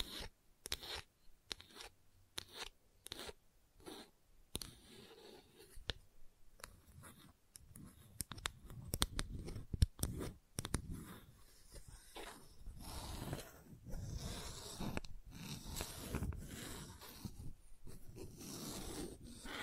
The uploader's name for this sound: Gentle Scratching